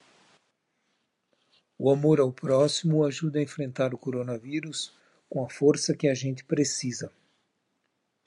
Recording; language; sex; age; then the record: spoken sentence; Brazilian Portuguese; male; 50 to 59 years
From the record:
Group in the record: control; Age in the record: 56 years